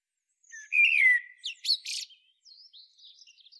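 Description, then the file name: Common blackbird producing one fluted, slightly descending whistle followed by sharp squeaky notes and faint, thin high twittering trailing off. "Turdus merula"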